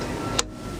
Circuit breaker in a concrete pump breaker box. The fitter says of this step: just that click